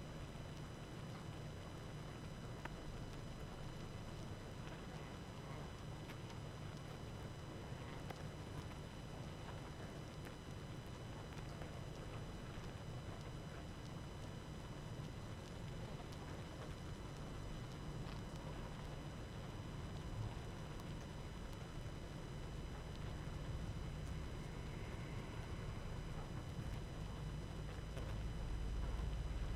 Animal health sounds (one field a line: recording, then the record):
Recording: honeybee colony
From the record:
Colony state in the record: active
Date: 12 June 2018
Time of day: 19:56